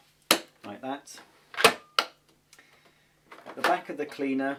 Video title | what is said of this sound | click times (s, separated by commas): Hoover Xarion Allergy Care Bagless Cylinder Vacuum Cleaner For Sale On Ebay UK | back into the cleaner and it just clicks into place like | 0.3 s